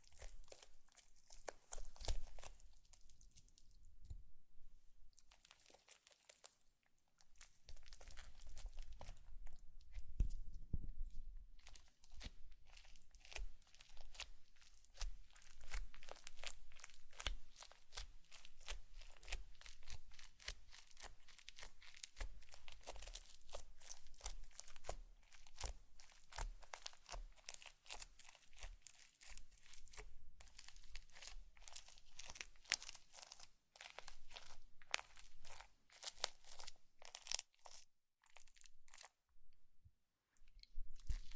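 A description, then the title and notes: Slime being squished and worked, with a dense run of wet crackles, pops and crinkly snaps that keeps going almost the whole time. The sounds are bright and clicky, briefly thinning around 4–7 seconds and near the end. ASMR Slime - SO Satisfying - ( No Talking).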